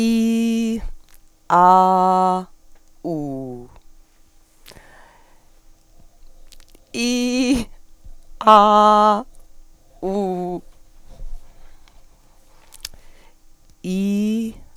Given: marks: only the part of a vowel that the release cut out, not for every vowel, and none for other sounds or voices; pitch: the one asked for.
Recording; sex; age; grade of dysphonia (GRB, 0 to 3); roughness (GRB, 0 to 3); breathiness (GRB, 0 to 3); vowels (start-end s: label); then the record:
sustained vowels; female; 50 to 59 years; 0; 0; 0
0.00-0.68 s: vowel /i/, normal pitch
1.73-2.31 s: vowel /a/, normal pitch
8.59-9.12 s: vowel /a/, high pitch
13.90-14.44 s: vowel /i/, low pitch
From the record:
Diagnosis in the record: healthy voice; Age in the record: 56 years